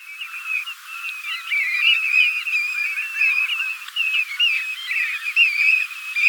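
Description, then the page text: European golden plover calls: many thin, plaintive whistles overlapping continuously, some rising and falling, forming a steady chorus of piping notes throughout. "Volker Arnold - Золотистая ржанка (Pluvialis apricaria)"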